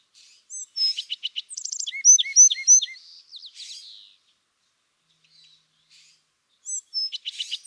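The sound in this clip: California thrasher song: buzzy notes, a quick high trill and three repeated hooked whistles, a long pause, then the phrases start again.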